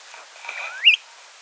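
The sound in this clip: Snowy plover call: a single thin whistled note sliding upward, ending in a sharp bright peak, over quiet background hiss.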